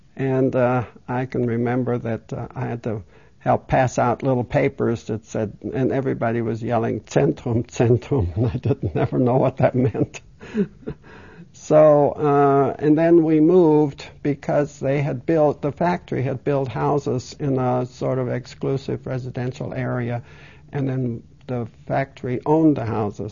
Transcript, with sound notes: And I can remember that I had to help pass out little papers that said, and everybody was yelling, "Centrum, centrum. I didn't ever did know what that meant. (She laughs.) So, uh, and then we moved because they had built, the factory had built houses in a sort of exclusive residential area, and then the factory owned the houses.